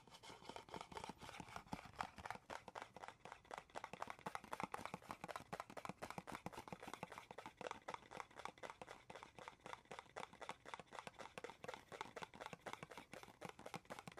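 Quick, dense tapping and scratching on wood, cork and cardboard runs without pause, the sharp dry clicks coming several times a second at a fairly even pace. The strikes sound crisp and bright, with a soft rubbing texture between them and no voice.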